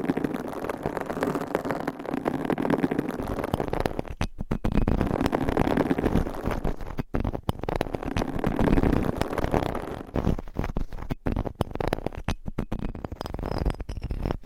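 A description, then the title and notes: Scratching on a microphone with covers and nails makes a dense, continuous rasping rustle with a strong low rumble underneath. Around four seconds the texture turns choppier, broken by brief sharp gaps and bursts, and it stays uneven and scraping through the end. Mic Scratching - Brain Scratching with 9 DIFFERENT MICS Covers & Nails No Talking.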